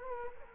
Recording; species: mosquito wingbeat signal from an infrared sensor; Culex quinquefasciatus